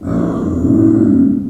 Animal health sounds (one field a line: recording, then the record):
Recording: squeal of a Yucatan mini pig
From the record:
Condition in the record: after surgery on the right vocal fold (resection and tissue-engineered implant)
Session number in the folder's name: 5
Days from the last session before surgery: 33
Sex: female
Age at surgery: 19 weeks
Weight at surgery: 25 kg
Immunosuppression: prednisolone